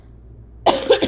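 A quick run of two or three harsh, congested coughs after brief silence, from an adult with COVID-19 who tested positive despite vaccination, with congestion, coughing, body aches and loss of smell and taste.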